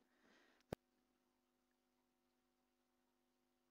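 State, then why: Seated. A RAM module is pressed into its motherboard DIMM slot, with a soft hiss for the first half second. A single sharp click comes at 0.7 s as the white plastic retention tabs on either side snap into place, leaving the module seated. Only a faint steady hum follows.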